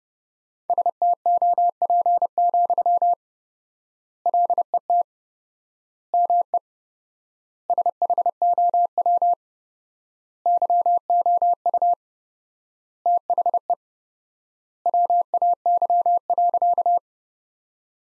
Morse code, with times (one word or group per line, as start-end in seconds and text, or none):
0.7-3.1 STOP,
4.3-5.0 LET
6.1-6.6 ME
7.7-9.3 SHOW
10.5-11.9 YOU
13.1-13.7 THE
14.9-17.0 WAY.